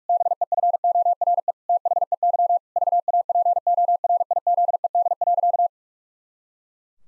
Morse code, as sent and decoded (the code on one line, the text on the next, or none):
-... . ..-. --- .-. . / - .... . -.-- / ...- .- .--. --- .-. .. --.. . -.. .-.-.-
BEFORE THEY VAPORIZED.